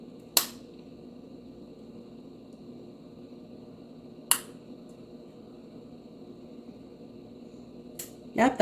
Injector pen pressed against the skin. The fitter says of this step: push to the skin you'll hear one click too click